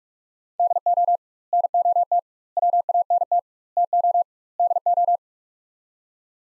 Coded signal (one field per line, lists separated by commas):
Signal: Morse code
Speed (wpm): 45 wpm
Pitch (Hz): 700 Hz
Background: none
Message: DO NOT WANT TO DO